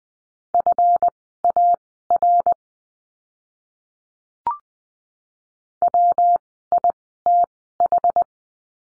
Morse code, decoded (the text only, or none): FAR WITH